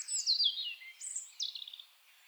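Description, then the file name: European robin song: a falling, sweet, high warble, then a thin rising whistle and a quick fluttering trill that trails off. "Erithacus rubecula"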